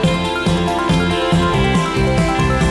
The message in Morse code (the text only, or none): none